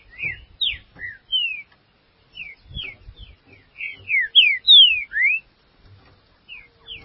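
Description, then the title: Green-winged Saltator song of bright whistled notes, mostly falling slurs with some rising ones, in uneven bursts that peak in a loud run midway. "Trinca Ferro"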